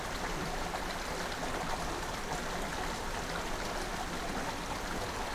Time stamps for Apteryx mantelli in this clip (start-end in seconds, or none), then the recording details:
none. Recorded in New Zealand on 13 December 2015. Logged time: 21:44. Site CL72